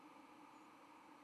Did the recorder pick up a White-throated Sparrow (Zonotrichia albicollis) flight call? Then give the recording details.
yes. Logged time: 07:21 on 31 October 2014